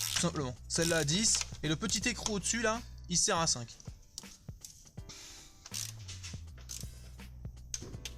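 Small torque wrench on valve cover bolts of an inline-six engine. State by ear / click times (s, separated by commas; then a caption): torque reached / 7.7 s. Valve cover bolts on a BMW M54 inline-six engine are tightened with a small bicycle torque wrench set to a low value, while someone talks over scattered light clicks and taps. A sharp click at 7.7 s marks the wrench clicking at its setting.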